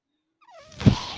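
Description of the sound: A falling mechanical whine, then a low thump and airy whoosh: the cycling noise of a person's own breathing ventilator.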